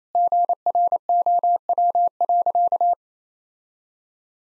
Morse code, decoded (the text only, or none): GROW.